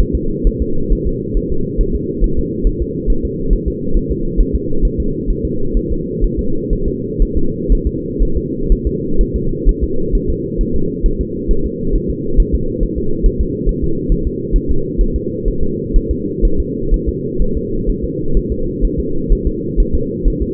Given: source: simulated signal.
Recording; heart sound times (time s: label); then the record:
fetal heart sounds
0.00 s: S1
0.15 s: S2
0.47 s: S1
0.62 s: S2
0.92 s: S1
1.07 s: S2
1.37 s: S1
1.52 s: S2
1.81 s: S1
1.95 s: S2
2.24 s: S1
2.39 s: S2
2.67 s: S1
2.82 s: S2
3.10 s: S1
3.25 s: S2
3.53 s: S1
3.68 s: S2
3.97 s: S1
4.11 s: S2
4.41 s: S1
4.55 s: S2
4.85 s: S1
5.00 s: S2
5.30 s: S1
5.45 s: S2
5.77 s: S1
5.92 s: S2
6.24 s: S1
6.39 s: S2
6.73 s: S1
6.88 s: S2
7.22 s: S1
7.37 s: S2
7.72 s: S1
7.87 s: S2
8.22 s: S1
8.37 s: S2
8.72 s: S1
8.87 s: S2
9.21 s: S1
9.36 s: S2
9.69 s: S1
9.83 s: S2
10.15 s: S1
10.30 s: S2
10.61 s: S1
10.76 s: S2
11.06 s: S1
11.21 s: S2
11.51 s: S1
11.66 s: S2
11.95 s: S1
12.10 s: S2
12.40 s: S1
12.55 s: S2
12.83 s: S1
12.98 s: S2
13.26 s: S1
13.41 s: S2
13.69 s: S1
13.84 s: S2
14.12 s: S1
14.27 s: S2
14.56 s: S1
14.71 s: S2
15.01 s: S1
15.16 s: S2
15.48 s: S1
15.63 s: S2
15.96 s: S1
16.11 s: S2
16.45 s: S1
16.60 s: S2
16.94 s: S1
17.09 s: S2
17.42 s: S1
17.57 s: S2
17.89 s: S1
18.04 s: S2
18.37 s: S1
18.52 s: S2
18.85 s: S1
19.00 s: S2
19.32 s: S1
19.47 s: S2
19.80 s: S1
19.95 s: S2
20.28 s: S1
20.42 s: S2
From the record:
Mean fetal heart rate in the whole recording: 130 bpm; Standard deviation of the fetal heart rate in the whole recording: 4 bpm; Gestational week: 38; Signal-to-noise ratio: -8.1 dB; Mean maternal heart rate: 72 bpm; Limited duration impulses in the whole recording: present